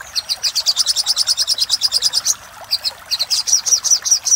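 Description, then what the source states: Little spiderhunter giving a rapid run of sharp, high notes, a short gap, then a resumed series. Master recording for training cage birds; labelled Labaik.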